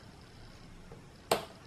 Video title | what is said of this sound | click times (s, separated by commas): HP Laptop Model 15-af157na Upgrade | until it clicks. | 1.3 s